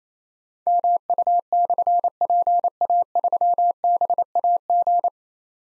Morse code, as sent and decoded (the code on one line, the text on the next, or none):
-- ..- -..-. .--. .- ...-- -... .- --.
MU/PA3BAG